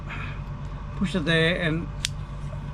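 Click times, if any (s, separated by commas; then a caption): 2.0 s. Someone talks while pushing the release button on the lock of a metal folding utility knife. At 2.0 seconds the lock lets go with a sharp click, and the knife releases.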